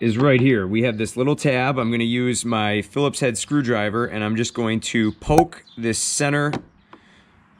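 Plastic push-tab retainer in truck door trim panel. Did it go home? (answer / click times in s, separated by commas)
released / 6.9 s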